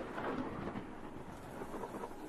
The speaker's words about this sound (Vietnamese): Tóm lại, thời điểm này trời đất hung tà, tiếng sấm, tiếng sét, tiếng lửa cháy đôm đốp, tiếng mưa rơi ào ào, tiếng cuồng phong gào thét vô cùng kinh sợ.